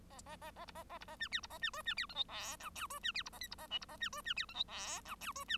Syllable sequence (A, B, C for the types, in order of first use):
A A A A B A A B A C D B A C E C D F G H I J E C D B A K B A L B A C E C D F G H I J E C